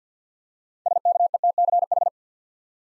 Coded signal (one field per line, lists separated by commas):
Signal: Morse code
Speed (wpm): 50 wpm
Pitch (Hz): 700 Hz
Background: none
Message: SKETCH